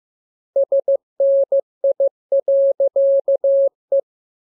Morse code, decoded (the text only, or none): SNI.E